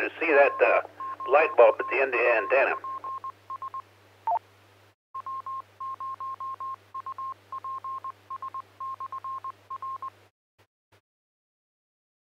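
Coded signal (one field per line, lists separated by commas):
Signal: Morse code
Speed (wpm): 20 wpm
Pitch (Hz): 1060 Hz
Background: speech, radio noise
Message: W0UPS W0UPS/R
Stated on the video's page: Heard on a Monday night tech net on the 447.275 MHz repeater, also carried on the 447.750 MHz repeater and Echolink.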